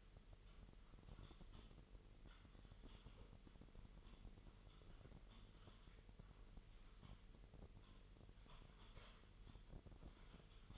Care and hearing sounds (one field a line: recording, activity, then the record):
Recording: daily activity, microphone in the room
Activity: typing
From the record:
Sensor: 4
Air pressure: 1002.9 hPa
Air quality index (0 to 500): 248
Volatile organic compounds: 19 ppm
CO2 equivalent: 2652 ppm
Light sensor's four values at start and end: 5/12/4/5 and 5/12/4/5